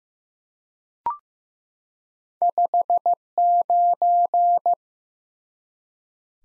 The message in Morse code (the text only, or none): 59